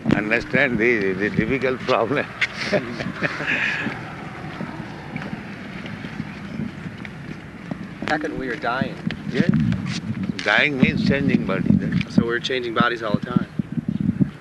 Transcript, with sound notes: ...understand this is a difficult problem. [laughs]
...second we are dying.
Yes. Dying means changing body, that's all.
So we're changing bodies all the time.